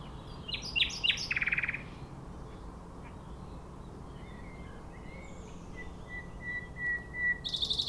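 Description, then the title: Nightingale song opening with loud varied notes and a buzzy rattle, followed by soft, drawn-out whistles and a final bright phrase, background hum present. Singing from a bush between a railway line and the shore of Lac du Bourget, Entrelacs, France; unafraid of passing trains. "2 D991, Entrelacs, France - Rossignol ferroviaire"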